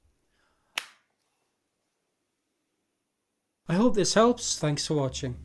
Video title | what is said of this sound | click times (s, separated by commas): How to open Sony PS1 or PS2 DualShock 2 Controller Connector the Easy Way | line up the two halves and push them together until they click into place | 0.8 s